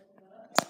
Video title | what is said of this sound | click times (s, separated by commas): Tuto ours amigurumi part2 | Un peu dur, voilà. On a entendu le clac. Donc mon nez est bien fixé. | 0.6 s